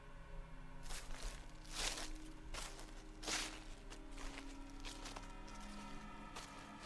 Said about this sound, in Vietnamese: Bất chợt Thắng khựng người, có âm thanh như là tiếng bước chân vọng tới từ phía sau.